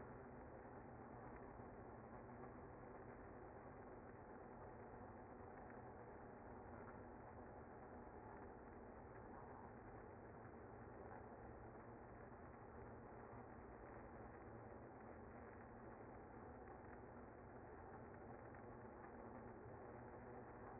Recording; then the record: honeybee colony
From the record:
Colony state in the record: active